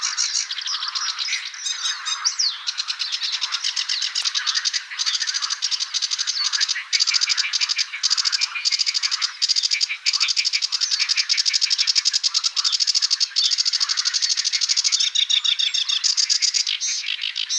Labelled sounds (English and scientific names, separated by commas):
Sedge Warbler (Acrocephalus schoenobaenus) song